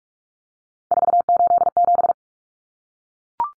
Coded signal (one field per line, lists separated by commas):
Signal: Morse code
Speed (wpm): 44 wpm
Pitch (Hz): 700 Hz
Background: none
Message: 487